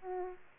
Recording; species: mosquito wingbeat signal from an infrared sensor; Aedes aegypti